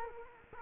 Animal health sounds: mosquito wingbeat signal from an infrared sensor; Culex quinquefasciatus

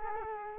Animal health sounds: mosquito wingbeat signal from an infrared sensor; Culex quinquefasciatus

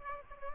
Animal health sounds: mosquito wingbeat signal from an infrared sensor; Aedes aegypti

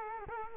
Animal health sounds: mosquito wingbeat signal from an infrared sensor; Culex quinquefasciatus

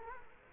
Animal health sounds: mosquito wingbeat signal from an infrared sensor; Culex quinquefasciatus

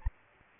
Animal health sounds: mosquito wingbeat signal from an infrared sensor; Aedes aegypti

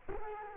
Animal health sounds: mosquito wingbeat signal from an infrared sensor; Culex quinquefasciatus

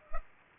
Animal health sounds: mosquito wingbeat signal from an infrared sensor; Culex pipiens

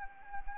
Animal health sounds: mosquito wingbeat signal from an infrared sensor; Anopheles arabiensis

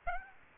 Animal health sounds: mosquito wingbeat signal from an infrared sensor; Aedes aegypti

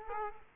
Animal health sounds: mosquito wingbeat signal from an infrared sensor; Culex quinquefasciatus

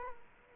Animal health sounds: mosquito wingbeat signal from an infrared sensor; Culex quinquefasciatus

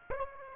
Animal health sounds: mosquito wingbeat signal from an infrared sensor; Aedes aegypti

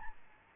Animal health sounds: mosquito wingbeat signal from an infrared sensor; Aedes albopictus

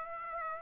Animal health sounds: mosquito wingbeat signal from an infrared sensor; Aedes aegypti

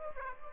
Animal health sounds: mosquito wingbeat signal from an infrared sensor; Aedes aegypti

